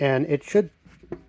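Someone talks while setting the folded band of a central vacuum filter into the groove of a central vacuum unit, with soft handling noises and a brief tap near 1.1 seconds. Nothing has seated or popped into place yet.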